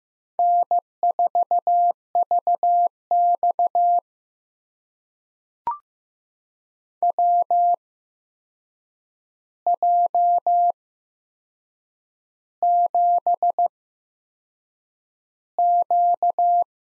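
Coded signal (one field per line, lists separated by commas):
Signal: Morse code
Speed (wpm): 15 wpm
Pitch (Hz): 700 Hz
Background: none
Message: N4VX WJ7Q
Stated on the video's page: Morse head-copy drill of four-character USA call signs at 15 WPM with 8x Farnsworth character spacing.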